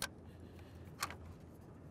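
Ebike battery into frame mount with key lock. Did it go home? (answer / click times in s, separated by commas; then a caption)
yes / 0.0 s, 1.0 s. An e-bike battery on a Tern HSD S+ automatic-shifting e-bike is pushed back into its frame mount with a key lock. Sharp clicks are heard at 0.0 and 1.0 seconds over a low, steady hum. The lock engages with an audible click, showing the battery is fully locked in place.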